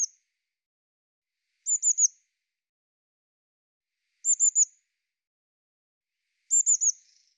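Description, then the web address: Eurasian blue tit giving high, thin call phrases of three fast notes, a few phrases at irregular gaps of about two seconds, quiet surroundings. "cianscape birddata Deverinetal 2025 File cleaned normalized Bird Cy Ca"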